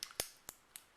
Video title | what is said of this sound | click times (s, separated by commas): o2 XDA Guide Intro | click it into place until you hear it click | 0.2 s